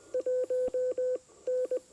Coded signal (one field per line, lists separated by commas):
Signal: Morse code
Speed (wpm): 20 wpm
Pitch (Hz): 510 Hz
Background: none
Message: 1 N